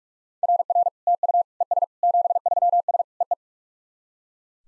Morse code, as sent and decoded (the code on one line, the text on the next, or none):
.-. .-. / - ..- / . ... / --... ...-- ... / . .
RR TU ES 73S EE